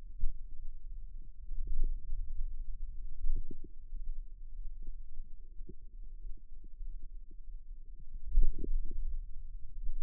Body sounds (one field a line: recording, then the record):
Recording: forearm muscle sounds (acoustic myography)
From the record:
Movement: radial deviation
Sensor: system 2, bracelet of six BSWA MPA416 microphones around the upper forearm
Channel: 4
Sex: male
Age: 22 years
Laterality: right